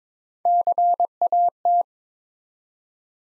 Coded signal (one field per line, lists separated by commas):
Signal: Morse code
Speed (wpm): 23 wpm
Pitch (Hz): 700 Hz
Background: none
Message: CAT